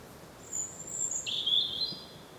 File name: Erithacus rubecula